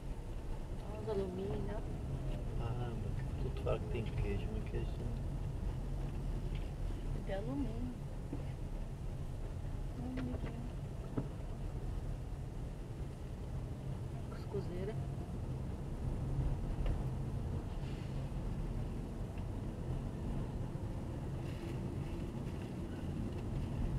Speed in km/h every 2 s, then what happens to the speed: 16, 17, 17, 14, 13, 17, 19, 23, 25, 28, 29, 29.
0-9 steady at about 16. 9-19 speeds up to 29.